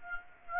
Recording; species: mosquito wingbeat signal from an infrared sensor; Aedes aegypti